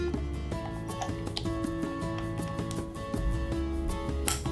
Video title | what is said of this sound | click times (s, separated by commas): How To Replace Batteries In A Razor Powercore E90 Electric Scooter | you can connect the white plastic connector to the white plastic connector and the scooter until it clicks | 4.3 s